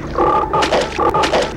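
Toad giving rough croaking notes in two paired bursts.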